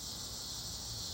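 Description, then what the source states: Cicada drone, a steady high-pitched buzzing hiss held without a break throughout, with faint low rumble underneath. Recorded in summer.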